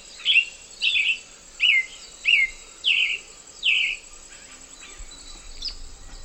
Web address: Natures Songs S America Eastern Lowlands Black-billed Thrush